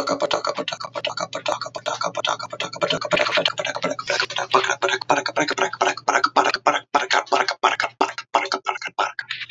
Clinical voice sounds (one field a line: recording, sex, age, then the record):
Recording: repeated syllables /pa ta ka/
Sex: male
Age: 30 to 39 years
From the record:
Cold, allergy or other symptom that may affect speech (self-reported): no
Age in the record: 36 years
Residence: Wisconsin, United States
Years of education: 14